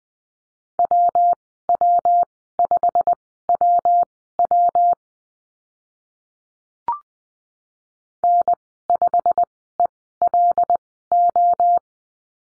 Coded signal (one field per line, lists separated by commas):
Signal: Morse code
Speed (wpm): 20 wpm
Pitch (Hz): 700 Hz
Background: none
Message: WW5WW N5ELO